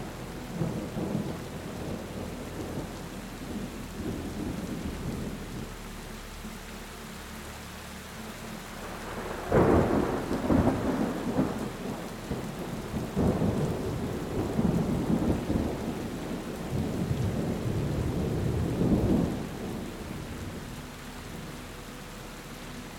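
Thunder rolls in low, deep rumbles throughout, with a steady hiss of rain underneath. The rumbling swells into louder crashes around ten seconds in, again near thirteen and fifteen seconds, and once more near nineteen seconds before settling back.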